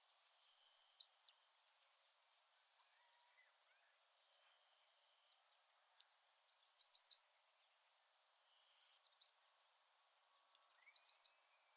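Eurasian blue tit song, a short burst of four or five quick high descending notes, repeated three times several seconds apart.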